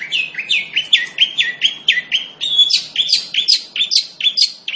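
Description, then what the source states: Long-tailed shrike singing a fast run of clipped, chattering notes, each sweeping down, repeated more than twice a second in a lively, continuous stream. Singing lively, described in the local term gacor.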